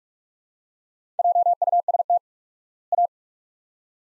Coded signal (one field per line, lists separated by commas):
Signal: Morse code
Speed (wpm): 47 wpm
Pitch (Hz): 700 Hz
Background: none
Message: JUST A